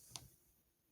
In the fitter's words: pointed towards the front and you're going to snap it in right there and boom